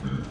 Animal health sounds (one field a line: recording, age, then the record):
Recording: pig call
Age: growing-finishing pig (85 days or more)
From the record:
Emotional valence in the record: positive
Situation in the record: run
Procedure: transit